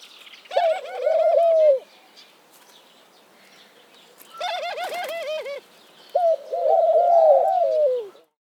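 Dove calling in drawn-out coos, three phrases with pauses between.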